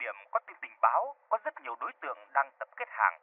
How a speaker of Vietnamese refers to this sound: T-38 nghe rõ trả lời. T-38 nghe rõ trả lời. Tiếng bộ đàm gọi mật danh, rè rè kêu lên.